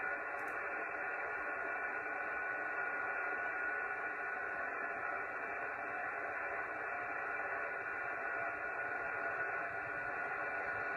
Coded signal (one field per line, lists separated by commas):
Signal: FT8